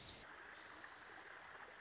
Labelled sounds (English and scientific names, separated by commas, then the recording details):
Wilson's Warbler (Cardellina pusilla)
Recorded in Sonoma County, California